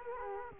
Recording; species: mosquito wingbeat signal from an infrared sensor; Culex quinquefasciatus